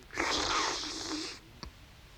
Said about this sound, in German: Er trinkt Tee, den er durch ein Stück Würfelzucker im Mund zieht.